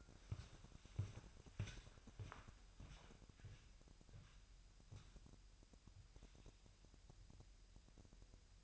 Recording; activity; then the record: daily activity, microphone in the room; walk to room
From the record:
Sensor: 2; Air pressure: 1001.8 hPa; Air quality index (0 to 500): 246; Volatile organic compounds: 34 ppm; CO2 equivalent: 3038 ppm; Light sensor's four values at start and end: 6/15/6/6 and 7/16/7/7